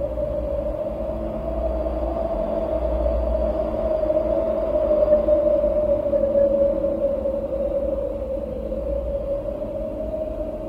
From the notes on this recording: sound of wind